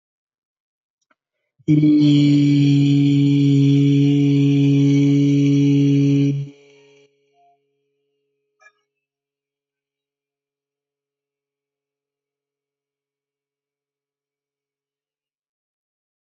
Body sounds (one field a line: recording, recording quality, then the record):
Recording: sustained vowel as in beet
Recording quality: excellent, no background noise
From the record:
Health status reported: healthy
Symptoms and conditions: none ticked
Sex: male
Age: 36 years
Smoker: not ticked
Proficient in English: yes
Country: India